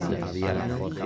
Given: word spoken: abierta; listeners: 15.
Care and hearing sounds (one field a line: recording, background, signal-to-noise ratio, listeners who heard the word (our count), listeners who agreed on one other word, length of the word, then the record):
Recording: one Spanish word in noise, from a listening test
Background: eight-talker babble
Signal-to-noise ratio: -2.5 dB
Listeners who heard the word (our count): 0 of 15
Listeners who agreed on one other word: 8 of 15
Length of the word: 0.66 s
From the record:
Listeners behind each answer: 8, 1, 1, 1, 1, 1, 1, 1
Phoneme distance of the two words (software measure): 31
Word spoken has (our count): 3 syllables, 7 phonemes, stress on syllable 2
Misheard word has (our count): 3 syllables, 4 phonemes, stress on syllable 2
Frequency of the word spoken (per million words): 59.92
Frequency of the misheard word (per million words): 1464.55